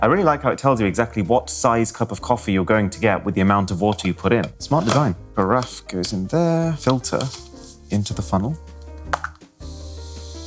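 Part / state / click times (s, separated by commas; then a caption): carafe and filter funnel into drip coffee maker / seated / 9.1 s, 9.2 s. A glass carafe is set into a drip coffee maker and the filter is put into the funnel while someone talks, with music playing underneath. Two sharp plastic clicks land at 9.1 s and 9.2 s as the carafe and filter funnel snap into place, seated.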